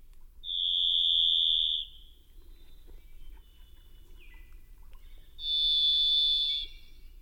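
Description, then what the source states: Thrush song: two long, pure whistled notes, each over a second, the first steady and the second richer, separated by a quiet pause with faint lower tones. Sings in its own bandwidth and niche.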